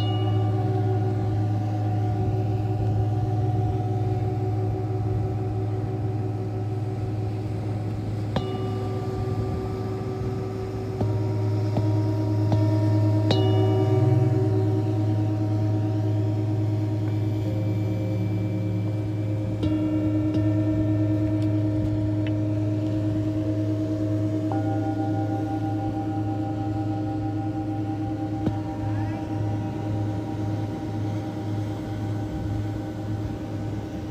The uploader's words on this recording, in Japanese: メキシコから シンギングボウルのサウンドヒーリング。メキシコ時間８／25(木)の夜 ビーチでのサウンドヒーリングのライブ収録です。波音とシンギングボウルの音。